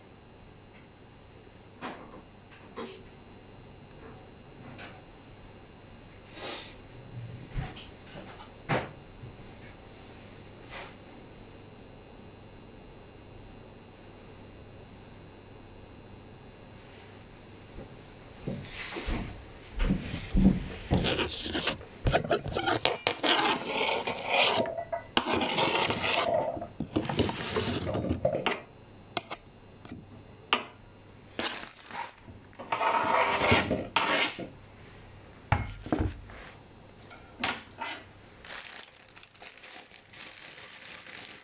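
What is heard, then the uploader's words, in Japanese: Everyday household sounds: for the first eighteen seconds or so, a quiet low hum with scattered soft taps and clicks. Then a dense stretch of crinkling, rustling and handling noises, bright and irregular, runs until about thirty-eight seconds before settling back to quiet. 生活音。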